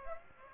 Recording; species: mosquito wingbeat signal from an infrared sensor; Aedes aegypti